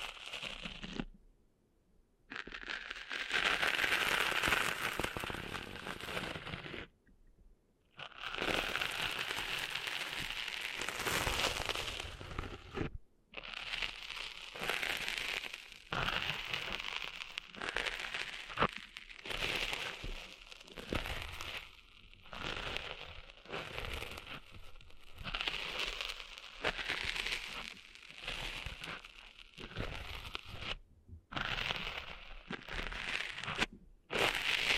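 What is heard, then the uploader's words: Close scratchy ear-cleaning sounds, a dense rustling crackle that grinds and scrapes in long bursts. It runs steadily for several seconds at a time, broken by brief silences near 2, 7, 13 and 31 seconds, with later passages choppier and more pulsing. ASMR Cleaning Sand Out of Your Ears (No Talking).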